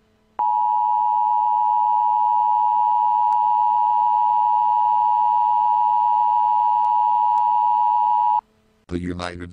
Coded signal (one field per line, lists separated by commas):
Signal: Emergency Alert System (SAME) tones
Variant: 853 and 960 Hz attention tone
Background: speech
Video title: top 10 emergency alert system alerts you never wanna see